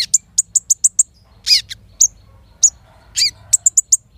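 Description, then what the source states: Van Hasselt's sunbird song of quick, clipped, very high notes in short series, mixed with a couple of harsher, downslurred notes. Vigorous, steady song of a caged bird, played to lure, rouse and train other caged sunbirds, including untrained young birds, into answering.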